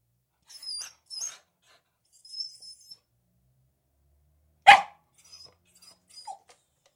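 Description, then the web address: Beagle making soft, high, squeaky whines in short bursts, broken by a single sharp, loud sound midway and a few faint whimpers after. Beagle barking, whining and jumping up at a door, indoors. "Sound Effects-BBC. beagle barking whining and jumping up at a door interior"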